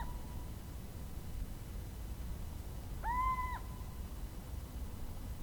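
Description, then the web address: Little owl giving one drawn-out mewing hoot lasting about half a second, over a steady low rumble of background noise. "chant birdify Athene noctua"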